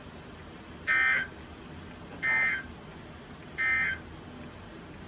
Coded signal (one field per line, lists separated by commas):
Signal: Emergency Alert System (SAME) tones